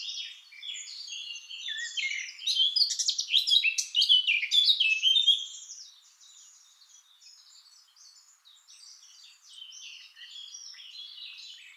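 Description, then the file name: Eurasian blackcap song, a dense loud warble of scratchy and clear notes for several seconds, then softer chattering twitters continue. "Sylvia atricapilla"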